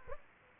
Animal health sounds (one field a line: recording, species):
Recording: mosquito wingbeat signal from an infrared sensor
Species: Aedes aegypti